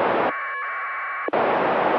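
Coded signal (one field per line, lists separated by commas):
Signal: packet radio (AX.25, as in APRS)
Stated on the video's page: Amateur packet radio transmitted and received via the ISS during one pass.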